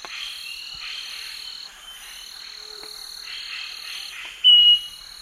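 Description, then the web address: Southern nightingale-wren giving a clear, pure, high whistled note near the end, held steady and brief, over buzzing insects. Recorded in the Eastern Lowlands of South America. "Natures Songs S America Eastern Lowlands 488 Southern Nightingale-Wren"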